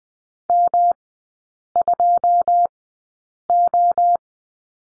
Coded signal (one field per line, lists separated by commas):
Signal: Morse code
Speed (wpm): 20 wpm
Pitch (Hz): 700 Hz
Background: none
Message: M2O